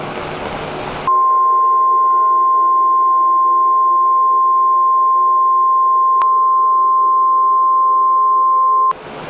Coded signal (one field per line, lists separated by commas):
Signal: Emergency Alert System (SAME) tones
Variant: 1050 Hz attention tone